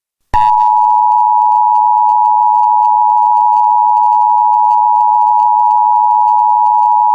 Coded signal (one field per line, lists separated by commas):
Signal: Emergency Alert System (SAME) tones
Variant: 853 and 960 Hz attention tone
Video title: GLOBAL LIBERATION - EAS SHORT